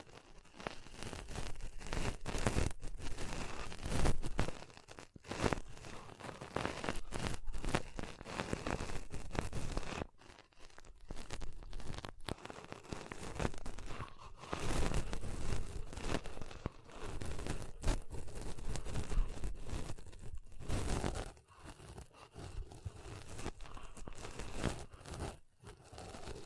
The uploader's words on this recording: ASMR Ultimate Pom Pom Tingles (No Talking).